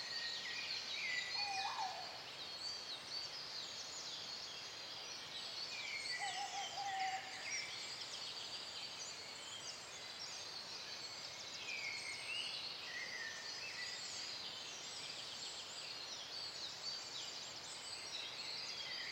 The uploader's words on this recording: Transylvania - Young Forest - Dawn Chorus With Tawny. Transylvanian dawn chorus with male Tawny Owl calling.